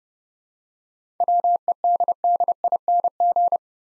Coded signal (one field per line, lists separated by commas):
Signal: Morse code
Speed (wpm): 30 wpm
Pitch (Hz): 700 Hz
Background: none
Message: WEDDING